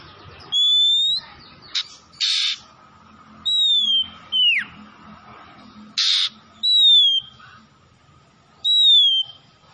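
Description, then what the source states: Oriental magpie-robin singing clear whistled notes, some falling sharply, separated by short harsh rasping bursts, delivered in spaced phrases. Kacer from Tretes, singing vigorously (gacor).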